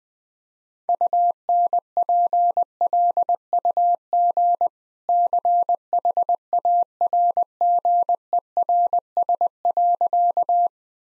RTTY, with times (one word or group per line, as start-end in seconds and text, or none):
none